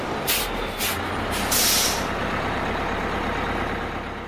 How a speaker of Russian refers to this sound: Наконец-то большой красный автобус медленно подъезжает к школьной парковке и останавливается. Раздается громкое шипение, когда водитель глушит двигатель и двери открываются.